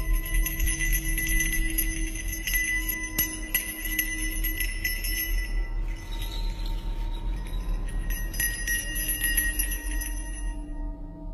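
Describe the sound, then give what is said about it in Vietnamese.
A handbell held in a man's hand jingles steadily for several seconds, bright metallic tinkling ringing with high shimmering overtones over a low constant hum, with no voices present. “Đi gần tới nơi, ông lại nghe có tiếng chuông leng keng vang lên.”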